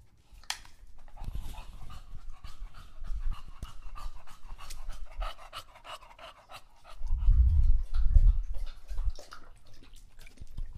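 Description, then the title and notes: English Bulldog panting heavily, rapid rhythmic breaths around three or four a second, with louder low thumps near the end. Male English Bulldog named Lucho drinking water from a bowl after a long walk, breathing heavily and out of breath between drinks. "English Bulldog Drinks from Water Bowl. listen to Lucho the English Bulldog as he tries to drink water after a long walk. Don't let his heavy breathing fool you in between drinks, he's equally out of breath from the walk"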